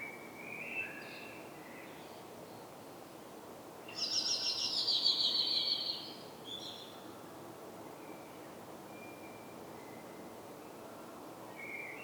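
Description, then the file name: Common blackbird with soft fluted notes, then a loud burst of high, rapid scratchy twittering for about two seconds, followed by quieter warbled fragments. "Turdus merula"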